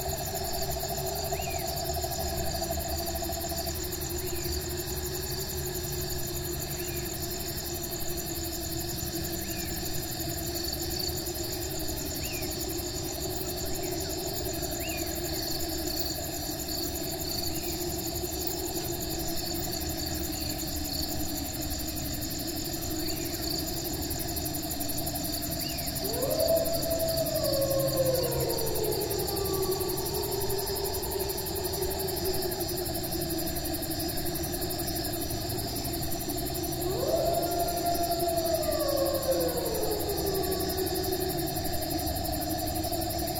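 Night animals: a steady chorus of insects drones throughout in several high, unbroken bands over a low rumble. Twice, at about 26 and 37 seconds, a louder call swoops upward and then slides slowly back down, standing out from the constant hum.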